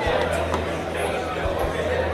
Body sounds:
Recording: background sound without coughing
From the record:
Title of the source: CITY SOUNDS Busy Bar in the Evening Night - 2 HOURS of Ambiance for Relaxation

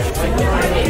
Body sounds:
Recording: background sound without coughing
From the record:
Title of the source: Nightlife Party Simulating Party Club Noise 1 Hour

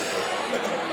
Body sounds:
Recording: coughing mixed with background sound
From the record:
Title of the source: Cough Around the Clock!

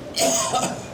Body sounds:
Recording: coughing mixed with background sound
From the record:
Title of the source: Residual Phlegmy Morning Coughing and Gagging

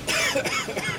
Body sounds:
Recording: coughing mixed with background sound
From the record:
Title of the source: Dry Afternoon Cough

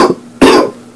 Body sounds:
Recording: coughing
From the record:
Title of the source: Coughing 77

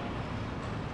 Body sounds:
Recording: background sound without coughing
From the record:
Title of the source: 30 MINUTES Construction Site Ambience (CC BY 4.0)

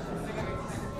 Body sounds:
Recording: background sound without coughing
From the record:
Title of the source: 60 minutes of coffee shop sounds for study and concentration

